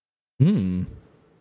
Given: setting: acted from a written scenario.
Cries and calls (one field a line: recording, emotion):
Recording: vocal sound without words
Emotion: romantic love